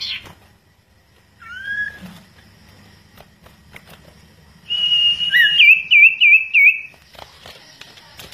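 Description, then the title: Bird song: a rising slurred whistle, then a sustained high whistle that turns into a rapid wavering trill. "Kicau Burung Yoi"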